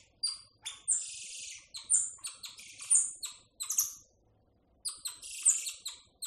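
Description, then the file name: Golden lion tamarin giving sharp, very high chirps in short bursts, some clustered in quick runs, with a brief pause near the end before a final flurry. "audio hero Monkey Golden Lion Tamarin"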